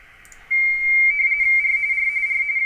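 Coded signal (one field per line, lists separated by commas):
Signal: RTTY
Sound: a steady high whistle, then a fast warbling chatter between two close pitches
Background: faint radio hiss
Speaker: At that point, he tells us he got them all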